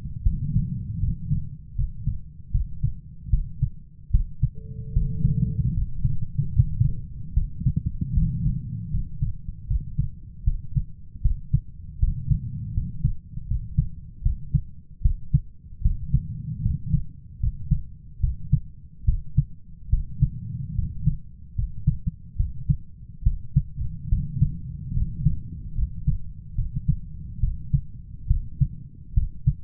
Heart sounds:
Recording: heart sounds by stethoscope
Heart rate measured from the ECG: 75 bpm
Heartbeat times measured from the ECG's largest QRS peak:
0.22 s: heartbeat
0.99 s: heartbeat
1.75 s: heartbeat
2.51 s: heartbeat
3.29 s: heartbeat
4.10 s: heartbeat
4.92 s: heartbeat
5.73 s: heartbeat
6.52 s: heartbeat
7.33 s: heartbeat
8.13 s: heartbeat
8.90 s: heartbeat
9.67 s: heartbeat
10.43 s: heartbeat
11.21 s: heartbeat
11.99 s: heartbeat
12.73 s: heartbeat
13.47 s: heartbeat
14.22 s: heartbeat
15.01 s: heartbeat
15.81 s: heartbeat
16.61 s: heartbeat
17.39 s: heartbeat
18.20 s: heartbeat
19.04 s: heartbeat
19.89 s: heartbeat
20.74 s: heartbeat
21.55 s: heartbeat
22.36 s: heartbeat
23.22 s: heartbeat
24.08 s: heartbeat
24.93 s: heartbeat
25.74 s: heartbeat
26.54 s: heartbeat
27.39 s: heartbeat
28.27 s: heartbeat
29.13 s: heartbeat
From the record:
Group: healthy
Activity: rest 0-4 s, cold pressor test 4-30 s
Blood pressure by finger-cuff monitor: 133/78 mmHg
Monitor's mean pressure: 94 mmHg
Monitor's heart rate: 74 bpm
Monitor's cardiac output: 8 L/min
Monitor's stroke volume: 106 mL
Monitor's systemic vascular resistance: 880 dyn s/cm5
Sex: male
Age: 23 years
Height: 178 cm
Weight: 96.6 kg

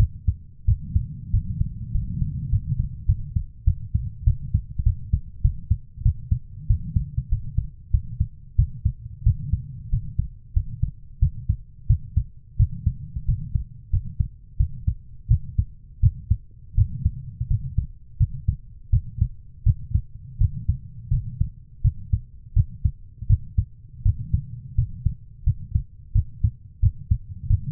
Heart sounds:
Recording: heart sounds by stethoscope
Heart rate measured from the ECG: 89 bpm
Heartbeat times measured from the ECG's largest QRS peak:
0.65 s: heartbeat
1.31 s: heartbeat
1.92 s: heartbeat
2.50 s: heartbeat
3.06 s: heartbeat
3.65 s: heartbeat
4.24 s: heartbeat
4.84 s: heartbeat
5.42 s: heartbeat
6.03 s: heartbeat
6.67 s: heartbeat
7.29 s: heartbeat
7.91 s: heartbeat
8.56 s: heartbeat
9.24 s: heartbeat
9.90 s: heartbeat
10.54 s: heartbeat
11.20 s: heartbeat
11.87 s: heartbeat
12.57 s: heartbeat
13.26 s: heartbeat
13.90 s: heartbeat
14.57 s: heartbeat
15.28 s: heartbeat
16.00 s: heartbeat
16.75 s: heartbeat
17.48 s: heartbeat
18.18 s: heartbeat
18.90 s: heartbeat
19.64 s: heartbeat
20.38 s: heartbeat
21.10 s: heartbeat
21.82 s: heartbeat
22.54 s: heartbeat
23.27 s: heartbeat
24.03 s: heartbeat
24.75 s: heartbeat
25.44 s: heartbeat
26.13 s: heartbeat
26.80 s: heartbeat
27.47 s: heartbeat
From the record:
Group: healthy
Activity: rest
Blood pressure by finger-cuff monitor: 115/62 mmHg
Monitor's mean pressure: 82 mmHg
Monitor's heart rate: 88 bpm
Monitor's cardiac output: 8.5 L/min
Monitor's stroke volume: 94 mL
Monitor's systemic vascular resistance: 730 dyn s/cm5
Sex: female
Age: 24 years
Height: 163 cm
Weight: 55.7 kg

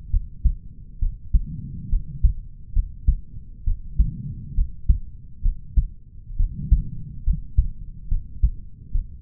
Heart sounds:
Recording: heart sounds by stethoscope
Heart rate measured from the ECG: 68 bpm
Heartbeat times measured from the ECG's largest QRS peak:
0.10 s: heartbeat
0.99 s: heartbeat
1.89 s: heartbeat
2.73 s: heartbeat
3.64 s: heartbeat
4.55 s: heartbeat
5.42 s: heartbeat
6.37 s: heartbeat
7.24 s: heartbeat
8.09 s: heartbeat
8.92 s: heartbeat
From the record:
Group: healthy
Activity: rest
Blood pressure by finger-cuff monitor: 90/65 mmHg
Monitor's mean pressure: 73 mmHg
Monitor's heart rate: 68 bpm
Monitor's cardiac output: 4.9 L/min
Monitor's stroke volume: 72 mL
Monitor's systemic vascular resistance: 1060 dyn s/cm5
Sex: male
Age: 20 years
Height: 187 cm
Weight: 68.9 kg

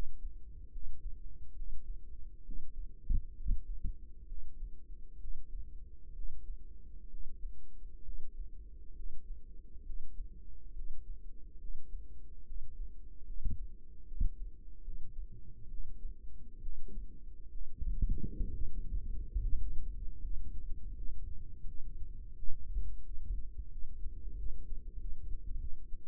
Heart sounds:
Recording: heart sounds by microphone in the right ear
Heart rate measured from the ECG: 72 bpm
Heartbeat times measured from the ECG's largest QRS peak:
0.71 s: heartbeat
1.54 s: heartbeat
2.44 s: heartbeat
3.35 s: heartbeat
4.27 s: heartbeat
5.19 s: heartbeat
6.14 s: heartbeat
7.09 s: heartbeat
8.03 s: heartbeat
8.94 s: heartbeat
9.84 s: heartbeat
10.74 s: heartbeat
11.59 s: heartbeat
12.45 s: heartbeat
13.25 s: heartbeat
14.06 s: heartbeat
14.83 s: heartbeat
15.69 s: heartbeat
16.61 s: heartbeat
17.50 s: heartbeat
18.51 s: heartbeat
19.41 s: heartbeat
20.21 s: heartbeat
20.94 s: heartbeat
21.66 s: heartbeat
22.36 s: heartbeat
23.04 s: heartbeat
23.71 s: heartbeat
24.37 s: heartbeat
24.99 s: heartbeat
25.59 s: heartbeat
From the record:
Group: healthy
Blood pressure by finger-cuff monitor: 100/54 mmHg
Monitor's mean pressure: 68 mmHg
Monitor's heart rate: 71 bpm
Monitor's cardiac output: 6.3 L/min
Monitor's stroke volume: 91 mL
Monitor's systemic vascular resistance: 710 dyn s/cm5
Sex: female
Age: 22 years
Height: 157 cm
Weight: 47.6 kg

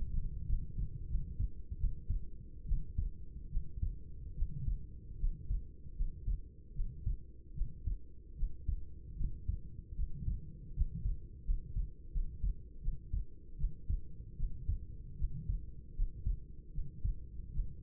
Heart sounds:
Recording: heart sounds by stethoscope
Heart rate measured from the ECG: 77 bpm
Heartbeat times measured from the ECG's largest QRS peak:
0.45 s: heartbeat
1.07 s: heartbeat
1.77 s: heartbeat
2.65 s: heartbeat
3.49 s: heartbeat
4.34 s: heartbeat
5.18 s: heartbeat
5.94 s: heartbeat
6.73 s: heartbeat
7.53 s: heartbeat
8.35 s: heartbeat
9.15 s: heartbeat
9.95 s: heartbeat
10.73 s: heartbeat
11.44 s: heartbeat
12.11 s: heartbeat
12.80 s: heartbeat
13.56 s: heartbeat
14.35 s: heartbeat
15.16 s: heartbeat
15.94 s: heartbeat
16.71 s: heartbeat
17.51 s: heartbeat
From the record:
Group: healthy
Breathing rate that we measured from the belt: 11 breaths a minute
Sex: female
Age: 26 years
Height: 165 cm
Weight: 55 kg

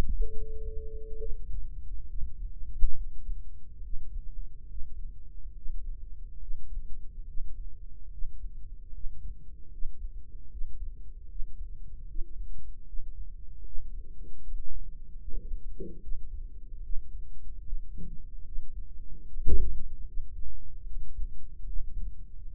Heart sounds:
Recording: heart sounds by microphone in the right ear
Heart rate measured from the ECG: 73 bpm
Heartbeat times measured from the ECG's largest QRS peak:
0.30 s: heartbeat
1.18 s: heartbeat
2.07 s: heartbeat
2.94 s: heartbeat
3.81 s: heartbeat
4.67 s: heartbeat
5.53 s: heartbeat
6.38 s: heartbeat
7.24 s: heartbeat
8.09 s: heartbeat
8.91 s: heartbeat
9.69 s: heartbeat
10.48 s: heartbeat
11.27 s: heartbeat
12.05 s: heartbeat
12.84 s: heartbeat
13.63 s: heartbeat
14.41 s: heartbeat
15.19 s: heartbeat
15.99 s: heartbeat
16.81 s: heartbeat
17.62 s: heartbeat
18.43 s: heartbeat
19.24 s: heartbeat
20.04 s: heartbeat
20.84 s: heartbeat
21.64 s: heartbeat
22.43 s: heartbeat
From the record:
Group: healthy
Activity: rest 0-2 s, breath hold 2-23 s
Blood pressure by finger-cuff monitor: 112/65 mmHg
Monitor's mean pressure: 78 mmHg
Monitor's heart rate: 75 bpm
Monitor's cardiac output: 6.4 L/min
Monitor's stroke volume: 86 mL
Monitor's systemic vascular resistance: 880 dyn s/cm5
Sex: female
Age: 22 years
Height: 160 cm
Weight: 63 kg

